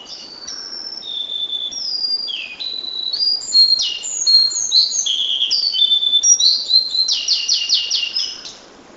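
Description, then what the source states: White-browed shortwing song: a rapid run of high, sweet whistled notes that shift up and down in pitch, ending in a quick trilled burst. Recorded 13 August 2009.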